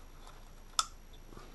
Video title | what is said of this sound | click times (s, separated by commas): 1.8T ignition coil pack replacement Audi TT A3 VW Golf | nice click and | 0.8 s